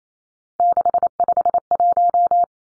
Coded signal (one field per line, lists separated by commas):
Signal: Morse code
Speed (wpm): 28 wpm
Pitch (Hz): 700 Hz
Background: none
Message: 651